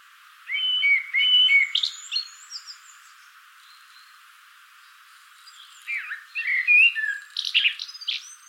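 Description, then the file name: Common blackbird giving two song phrases, clear whistled notes then high chattering squeaks, with a quiet gap of several seconds between them. "Turdus merula"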